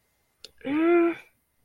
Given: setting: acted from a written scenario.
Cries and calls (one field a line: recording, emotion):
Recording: vocal sound without words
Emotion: pain